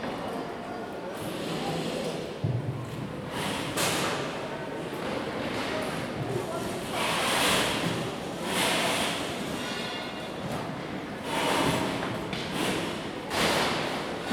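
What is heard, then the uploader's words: Stalls and tables are dragged and shifted, with repeated scraping bursts of bright noise every second or so. A thud lands near two and a half seconds, and faint voices sit under a steady, dense background rumble. Untitled [pre-market]. Stalls and tables dragged. Just past eight o'clock or so.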